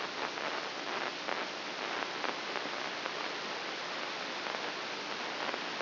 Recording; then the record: brain microelectrode recording played as sound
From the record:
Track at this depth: outside the subthalamic nucleus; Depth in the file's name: 7.104 mm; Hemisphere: left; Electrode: 3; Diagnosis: Parkinson's disease